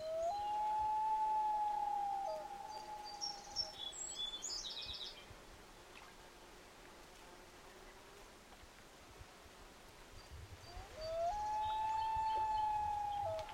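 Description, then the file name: Loon giving long, steady wailing notes that open and close the passage, separated by a quieter stretch where small high chirps of another bird are heard. Recorded at a lake. "loonlake"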